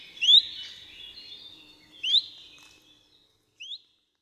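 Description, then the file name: Common chiffchaff uttering brief upslurred whistles, two clear notes then a softer third, over quiet background. "Pierwiosnek"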